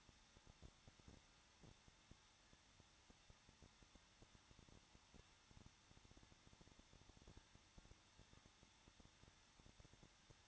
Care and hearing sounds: daily activity, microphone in the room; no activity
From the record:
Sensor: 3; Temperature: 21.2 degrees Celsius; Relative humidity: 36.4%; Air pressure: 1006.4 hPa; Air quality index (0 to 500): 224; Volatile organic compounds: 44 ppm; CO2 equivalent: 3209 ppm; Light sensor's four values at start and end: 2/3/2/2 and 2/3/2/2

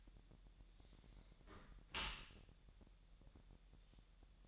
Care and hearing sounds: daily activity, microphone in the room; close dishwasher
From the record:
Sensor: 3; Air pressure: 1000.5 hPa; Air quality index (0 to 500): 247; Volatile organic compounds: 170 ppm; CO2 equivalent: 4105 ppm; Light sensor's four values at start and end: 10/24/10/10 and 10/24/10/10

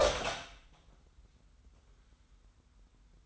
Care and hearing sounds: daily activity, microphone in the room; open door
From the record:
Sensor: 3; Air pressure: 990.4 hPa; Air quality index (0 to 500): 175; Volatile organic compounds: 1000 ppm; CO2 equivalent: 5689 ppm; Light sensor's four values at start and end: 49/114/47/44 and 48/114/47/44

